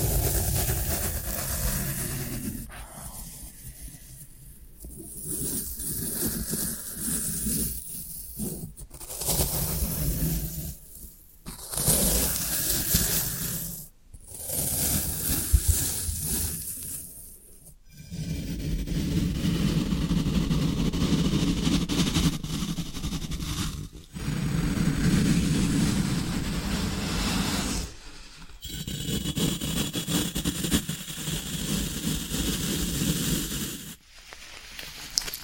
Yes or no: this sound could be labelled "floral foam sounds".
yes